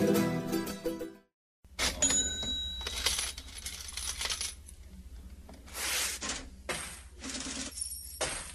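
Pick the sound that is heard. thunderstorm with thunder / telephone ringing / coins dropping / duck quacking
coins dropping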